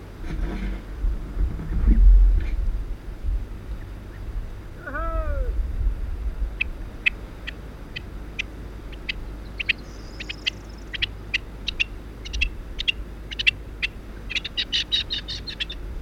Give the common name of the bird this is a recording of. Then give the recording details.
Rock Partridge. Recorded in the wild. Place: Melnik, Sofia, BG. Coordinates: 41.525, 23.392. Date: 1974-05-22. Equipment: Nagra III BH, Sennheiser MD 21, parabola. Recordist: Schubert, Michael. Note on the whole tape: Rufe Steinhuhn